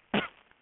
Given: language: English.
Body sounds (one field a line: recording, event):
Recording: throat vibration sensor signal played as sound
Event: cough